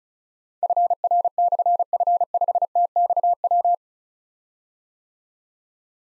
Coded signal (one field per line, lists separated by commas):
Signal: Morse code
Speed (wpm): 36 wpm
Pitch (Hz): 700 Hz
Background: none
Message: FR/F5TXW